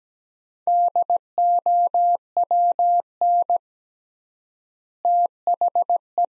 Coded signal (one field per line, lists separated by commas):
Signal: Morse code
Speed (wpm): 17 wpm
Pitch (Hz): 700 Hz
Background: none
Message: DOWN THE